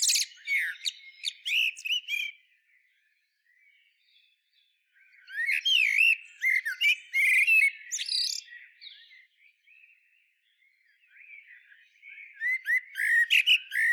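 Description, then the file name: Common blackbird song: three loud phrases of rich whistled notes and squeaky high chatter, separated by quieter gaps of a few seconds. "Turdus merula"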